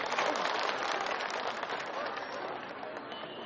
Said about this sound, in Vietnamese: Một tràng pháo tay để chào đón nữ ca sĩ MC